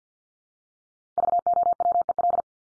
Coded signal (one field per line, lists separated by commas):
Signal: Morse code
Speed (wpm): 50 wpm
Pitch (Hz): 700 Hz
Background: none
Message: VOWEL